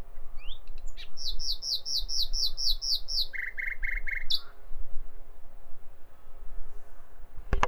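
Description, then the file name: Common nightingale song: a rising note, then a rapid run of about ten sharp repeated chirps and a lower burst of repeated notes, ending abruptly, over a low background rumble. "Nachtigall"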